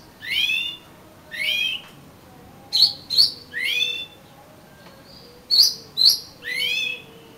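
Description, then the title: Oriental magpie-robin singing sweet slurred whistles alternating with sharp high metallic chips, against a quiet background. "suara kacer"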